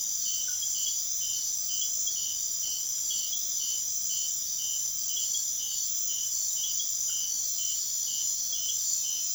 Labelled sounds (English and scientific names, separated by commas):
none